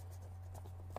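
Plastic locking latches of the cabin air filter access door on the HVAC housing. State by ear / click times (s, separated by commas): not seated / none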